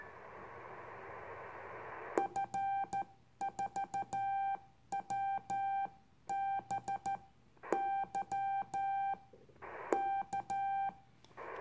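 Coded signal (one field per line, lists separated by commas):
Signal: Morse code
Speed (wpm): 13 wpm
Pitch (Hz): 790 Hz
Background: none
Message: F4WBY K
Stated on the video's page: CW contact on the 2m VHF band.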